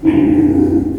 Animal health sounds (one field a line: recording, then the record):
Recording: squeal of a Yucatan mini pig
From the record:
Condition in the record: before surgery on the right vocal fold (resection and tissue-engineered implant)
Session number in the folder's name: 1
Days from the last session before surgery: -21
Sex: female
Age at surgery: 19 weeks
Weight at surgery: 25 kg